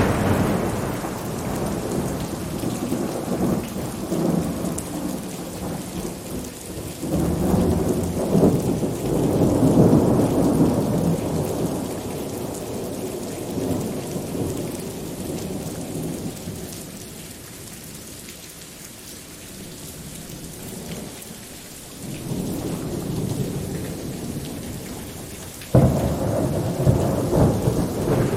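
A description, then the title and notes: Steady rain falls throughout, a dense hiss over a deep rolling rumble of thunder. The thunder swells around seconds 7 to 12 and again near 22, easing in between, and a sharper, louder crack arrives near the end at about 26 seconds. Relaxing Rain and Thunderstorm Sounds for a Peaceful Sleep.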